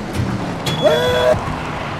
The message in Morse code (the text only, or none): none